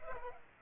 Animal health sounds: mosquito wingbeat signal from an infrared sensor; Culex pipiens

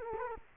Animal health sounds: mosquito wingbeat signal from an infrared sensor; Culex quinquefasciatus

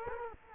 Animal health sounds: mosquito wingbeat signal from an infrared sensor; Culex quinquefasciatus

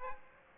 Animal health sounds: mosquito wingbeat signal from an infrared sensor; Aedes aegypti

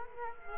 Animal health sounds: mosquito wingbeat signal from an infrared sensor; Culex quinquefasciatus

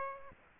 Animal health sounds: mosquito wingbeat signal from an infrared sensor; Aedes aegypti

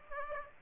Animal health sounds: mosquito wingbeat signal from an infrared sensor; Aedes aegypti

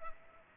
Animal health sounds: mosquito wingbeat signal from an infrared sensor; Culex pipiens

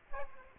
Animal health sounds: mosquito wingbeat signal from an infrared sensor; Aedes aegypti

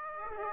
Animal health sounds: mosquito wingbeat signal from an infrared sensor; Aedes aegypti

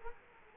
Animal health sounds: mosquito wingbeat signal from an infrared sensor; Culex quinquefasciatus

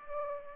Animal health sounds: mosquito wingbeat signal from an infrared sensor; Aedes aegypti

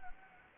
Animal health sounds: mosquito wingbeat signal from an infrared sensor; Anopheles gambiae

